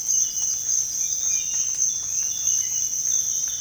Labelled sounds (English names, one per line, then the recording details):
none
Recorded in dense forest near Puerto Asís, Putumayo, Colombia, on 21 December 2024 at 06:00
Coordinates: 0.484, -76.325
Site G056